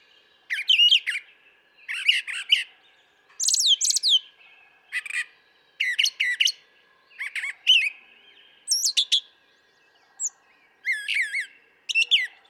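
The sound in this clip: Brown thrasher song with loud phrases at roughly one-second intervals, mostly paired repetitions of sharp, squeaky and harsh notes, mixed with slurred whistled figures.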